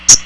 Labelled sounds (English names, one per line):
Common Yellowthroat flight call